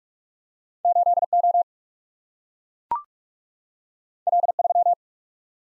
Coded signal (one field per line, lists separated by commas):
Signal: Morse code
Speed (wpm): 44 wpm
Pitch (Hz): 700 Hz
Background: none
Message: 8 O L 3